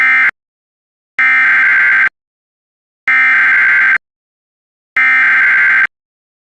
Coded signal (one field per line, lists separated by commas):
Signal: Emergency Alert System (SAME) tones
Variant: header bursts